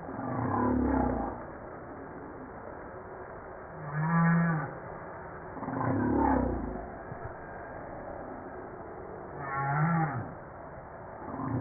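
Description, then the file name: Humpback whale song: several low harmonic moans swelling and fading, some with higher wavering overtones. Recorded on 5 March 1994. "Baleine a bosse 940305-1022"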